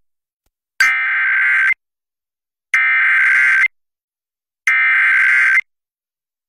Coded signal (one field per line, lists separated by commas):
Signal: Emergency Alert System (SAME) tones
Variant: header bursts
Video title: Severe Thunderstorm Warning on KAVX-FM (6/12/2023) (EAS #1928)